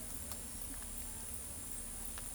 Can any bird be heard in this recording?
no